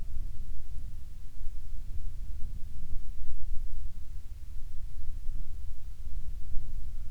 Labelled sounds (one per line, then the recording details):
near silence
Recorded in the Prudhoe Bay oil fields, Alaska, on 7 August 2019 at 14:14
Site 17